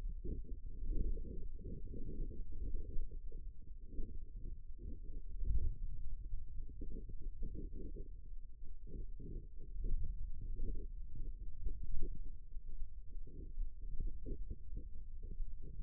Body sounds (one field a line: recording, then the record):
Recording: forearm muscle sounds (acoustic myography)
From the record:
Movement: finger pinch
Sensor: system 2, bracelet of six BSWA MPA416 microphones around the upper forearm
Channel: 4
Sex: male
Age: 22 years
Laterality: right